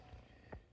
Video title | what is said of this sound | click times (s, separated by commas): Buick Wildcat Power Window Switch Rebuild | lock into these ridges here and it just clicks right in. | 0.5 s